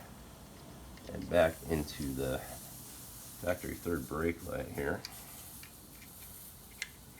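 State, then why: Seated. Someone talks, then the wiring harness plug of a relocated third brake light on a JL Wrangler is pushed back into the factory third brake light connector. A single sharp click sounds at 6.8 s as the plug locks in place.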